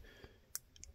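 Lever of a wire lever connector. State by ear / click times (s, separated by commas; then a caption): seated / 0.5 s. The blue lever of an Ideal lever-type wire connector is pressed down until it snaps into its notch, giving a sharp, bright click at 0.6 s, followed by two softer ticks around 0.8 s. The lever clicks shut and is held in place.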